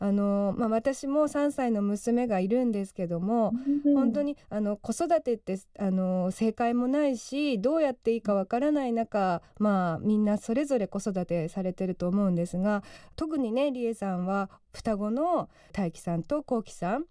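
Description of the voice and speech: A woman speaks Japanese in a clear, mid-pitched, lively voice at a relaxed conversational pace, with brief pauses and fillers like "ano" and "maa". Her speech is fluent, with clean voicing and ordinary articulation. This is normal adult speech.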